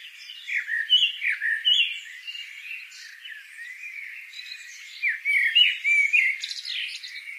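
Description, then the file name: Eurasian blackbird calls: a string of harsh, falling squawky notes in clumps of several, then a quieter stretch before another loud burst near the end. "Turdus merula"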